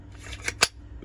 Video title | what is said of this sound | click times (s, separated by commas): The REIFF F6 Leuku. A BEA$$T of a knife | does it have a nice click in it it absolutely does uh good deployment | 0.5 s, 0.6 s